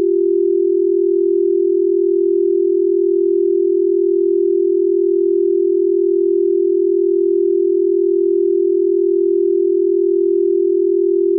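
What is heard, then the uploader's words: A binaural beat tone plays as a single pure, unwavering hum in the low-middle range, holding perfectly steady at even loudness throughout. PURE GAMMA Binaural Beat Gamma Wave Frequency. Gamma: 30-100 Hz.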